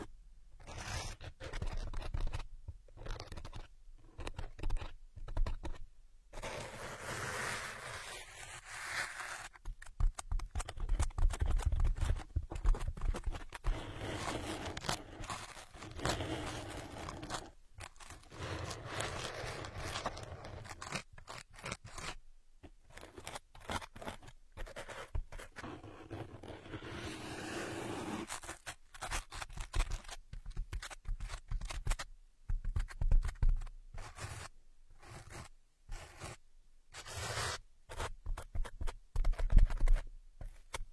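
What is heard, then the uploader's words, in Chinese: Dry ear picking: scratchy, rustling scrapes come in uneven bursts with brief silent gaps, busiest and loudest near the end. 姐姐抠耳朵催眠。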